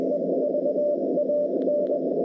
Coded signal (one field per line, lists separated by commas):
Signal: Morse code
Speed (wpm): 21 wpm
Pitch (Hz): 590 Hz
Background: none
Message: EVAN